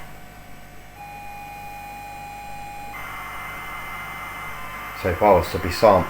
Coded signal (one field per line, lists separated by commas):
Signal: ZX Spectrum tape loading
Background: speech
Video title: YAMAHA A3000 SAMPLER + ZX SPECTRUM 128K MIDI plus Sampler modding 2025